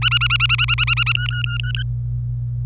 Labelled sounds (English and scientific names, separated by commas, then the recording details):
Domestic Canary (Serinus canaria) song
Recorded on 25 April 2018 at 14:09
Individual llb3